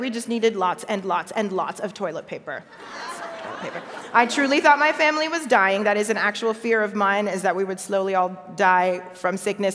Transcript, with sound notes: We just needed lots and lots and lots of toilet paper. (laughter) I truly thought my family was dying—that is an actual fear of mine, is that we would slowly all die from sickness.